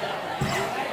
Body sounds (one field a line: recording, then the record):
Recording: coughing mixed with background sound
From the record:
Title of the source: Mid-morning Winter Coughing Fit